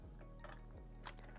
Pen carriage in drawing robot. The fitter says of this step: If you want to remove it, there's a button right here. You hold that in and pop that right out.